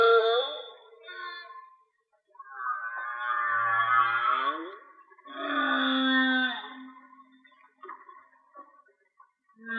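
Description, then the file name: Whale vocalizing in a song of upswept cries and a long wavering moan, followed by softer tones. "Whale Song-colin"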